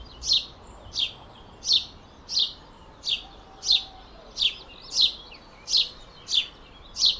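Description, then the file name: House sparrow giving a long series of bright, sharp chirps with a soft steady hiss underneath. "Passer domesticus"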